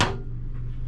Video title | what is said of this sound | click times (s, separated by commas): C3 Adventures - fifth wheel tear down video | and it's got a click | 0.0 s